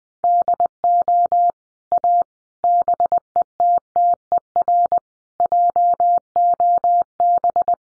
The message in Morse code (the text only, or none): DO A BETTER JOB